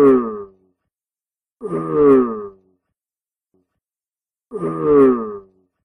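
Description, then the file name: Turtle groaning calls: three hoarse, harmonic grunts, each about a second long, at irregular intervals with silence between. "Sonido de la tortuga"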